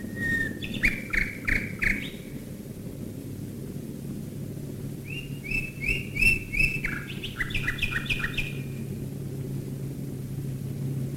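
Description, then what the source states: Common nightingale song in two bursts: quick chirping notes, a pause, then a run of rapid repeated whistles and chattering phrases above a constant low engine drone. Nightingales singing while bombers fly over, recorded in 1942.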